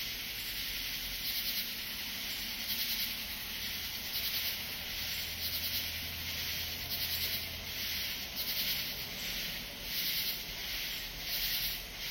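Katydid calling: raspy, high-pitched buzzy bursts repeated roughly every one and a half seconds, each made of a few quick pulses, steady throughout.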